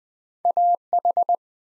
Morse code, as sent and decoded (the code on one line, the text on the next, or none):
.- ....
AH